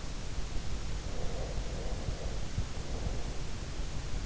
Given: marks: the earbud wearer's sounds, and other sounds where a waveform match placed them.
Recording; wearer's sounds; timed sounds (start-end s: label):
sounds in sleep by an in-ear microphone; breath
1.19-3.11 s: breath